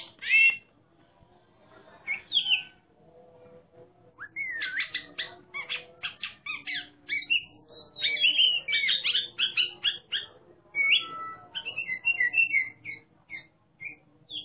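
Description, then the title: Oriental magpie-robin song, scattered at first, then dense runs of whistled and chattering notes, with thin sustained whistles near the end. Competition songbird described as a national champion, singing in ngeplong style, in full voice (gacor). "burung berkicau Kacer Ngeplong gacor Juara Nasional. burung Kacer"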